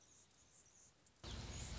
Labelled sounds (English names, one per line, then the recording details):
Anna's Hummingbird
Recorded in Sonoma County, California